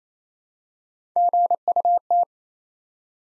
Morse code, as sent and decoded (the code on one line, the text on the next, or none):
--. ..- -
GUT